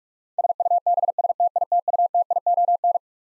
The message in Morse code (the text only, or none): SUBSTITUTION